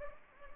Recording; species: mosquito wingbeat signal from an infrared sensor; Anopheles gambiae